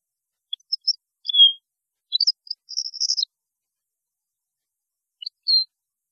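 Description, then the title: European goldfinch song: liquid twittering phrases with a drawn-out note and a buzzy trill, then a pause before a few short final notes. "Chant Chardonneret"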